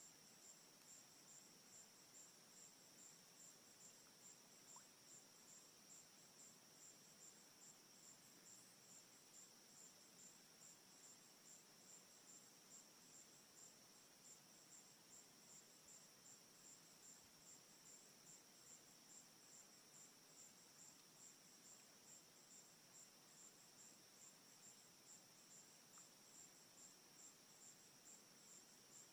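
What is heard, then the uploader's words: A pond at night filled with steady, dense high cricket trilling that pulses evenly throughout, over a soft constant hiss. 8月、ヴァーモント州にある池の近くでテントを張ったとき。 Appalachian trail 2016 Little rock pond. Pond.sound.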